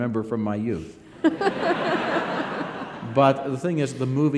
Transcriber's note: soundbite of laughter